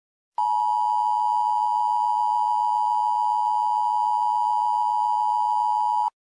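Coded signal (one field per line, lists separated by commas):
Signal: Emergency Alert System (SAME) tones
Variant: 853 and 960 Hz attention tone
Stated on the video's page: Fictional simulated emergency alert scenario.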